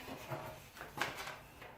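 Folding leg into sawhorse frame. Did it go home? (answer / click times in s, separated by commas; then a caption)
yes / 1.0 s. A folding sawhorse leg is spread out and pushed into the sawhorse frame until it snaps into place. A smaller knock comes at 0.8 s, then a sharp, bright snap at 1.0 s as the leg locks in, seated.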